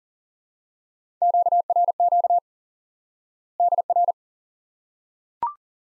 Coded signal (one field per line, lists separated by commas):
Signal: Morse code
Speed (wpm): 40 wpm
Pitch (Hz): 700 Hz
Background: none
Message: QRQ DR